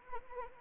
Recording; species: mosquito wingbeat signal from an infrared sensor; Anopheles arabiensis